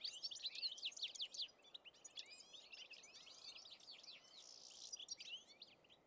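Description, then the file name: European goldfinch twitters, loudest at the start, then softer rapid tinkling notes continuing to the end, with faint background hiss. "Carduelis carduelis"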